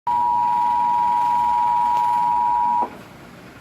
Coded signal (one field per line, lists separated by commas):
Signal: Emergency Alert System (SAME) tones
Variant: 853 and 960 Hz attention tone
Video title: EAS #701 Child Abduction Emergency CAE Watch on TV Civil Authorities Test